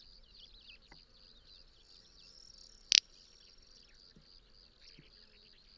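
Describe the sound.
Little bustard with a single abrupt, rasping snort midway, set against continuous high-pitched insect buzzing and thin bird twitters.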